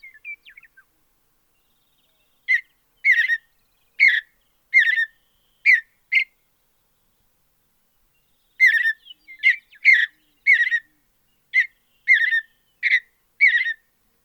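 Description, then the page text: Mountain bluebird singing brief husky warbled notes in two bursts separated by a pause of a few seconds, each note short and slightly slurred. "Andrew Spencer - Голубая сиалия (Sialia currucoides)"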